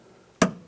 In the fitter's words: that snapped into place